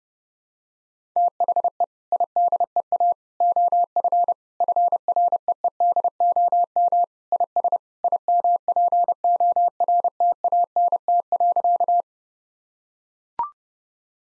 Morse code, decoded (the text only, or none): THE IDEA OF FREEDOM IS IMPORTANT.